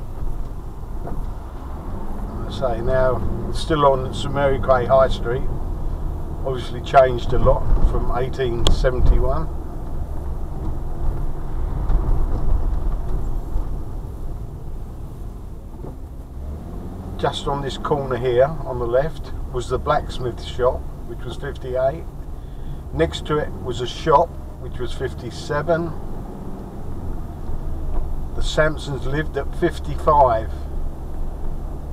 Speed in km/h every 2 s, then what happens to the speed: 11, 18, 26, 26, 26, 26, 21, 13, 13, 16, 16, 18, 21, 23, 23, 24.
0-4 speeds up to 26. 4-10 steady at about 26. 10-14 slows to 13. 14-32 speeds up to 24.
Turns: none.